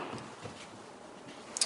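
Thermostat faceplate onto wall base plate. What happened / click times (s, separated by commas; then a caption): The plastic faceplate snapped onto its base / 1.6 s. A plastic thermostat faceplate is pressed onto its wall-mounted base plate over the connected wires. After low, steady background noise, two sharp, close snaps come at 1.6 s and 1.6 s as the faceplate seats on the base.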